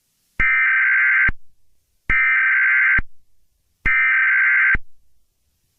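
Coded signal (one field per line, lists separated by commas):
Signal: Emergency Alert System (SAME) tones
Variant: header bursts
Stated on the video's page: Fictional EAS scenario.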